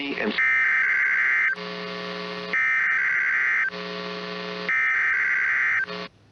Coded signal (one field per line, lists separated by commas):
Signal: Emergency Alert System (SAME) tones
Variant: header bursts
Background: speech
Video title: THE FOLLOWING IS A TEST OF THE EAS... EAS Alerts from 8/5/2020-8/26/2020 (EAS #370-380)